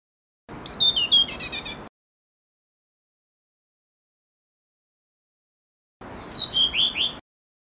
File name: kicau sikatan blue throated. omkicau